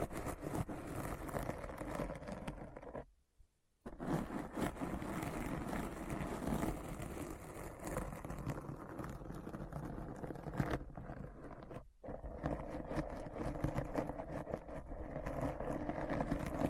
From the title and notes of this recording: ASMR Deep Brain Scratch (No Talking).